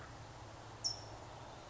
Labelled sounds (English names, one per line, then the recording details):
California Towhee
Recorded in Sonoma County, California